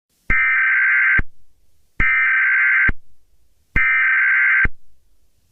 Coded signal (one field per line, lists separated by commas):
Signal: Emergency Alert System (SAME) tones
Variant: header bursts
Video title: Eas scenario Chicago Riots